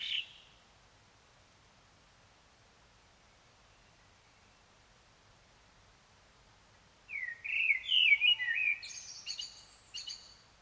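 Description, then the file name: Common blackbird: after a long quiet stretch, a common blackbird sings one fluty warbled phrase ending in high scratchy twittering. "Turdus merula"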